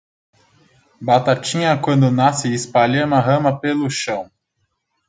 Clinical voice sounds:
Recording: short text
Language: Brazilian Portuguese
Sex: male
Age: 20 to 29 years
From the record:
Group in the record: control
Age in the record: 28 years

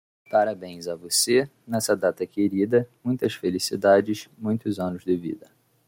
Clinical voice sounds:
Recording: short text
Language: Brazilian Portuguese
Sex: male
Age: 20 to 29 years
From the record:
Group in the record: control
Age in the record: 24 years

